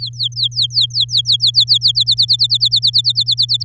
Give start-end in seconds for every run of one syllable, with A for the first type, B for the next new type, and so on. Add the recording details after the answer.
0.00-1.92 A, 1.95-3.64 B. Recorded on 11 May 2018 at 09:32. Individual llb16